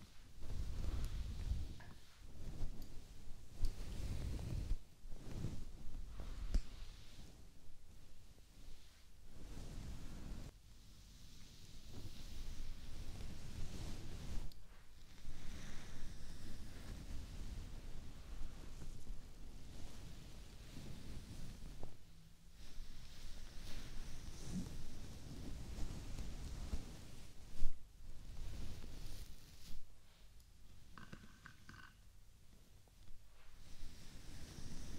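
Hair brushing and scalp scratching, with soft rustling strokes that come in irregular bursts and pauses of a second or two. Low, muffled rubbing dominates, with brighter scratchy textures surfacing now and then, and a quieter stretch near the end.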